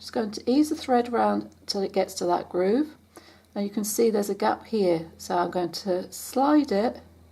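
A bobbin is held in its metal bobbin case while the thread is eased around to the groove and slid along the slot toward the case's tension spring, and someone talks throughout. The thread has not yet passed under the tension spring, so nothing has clicked or seated yet.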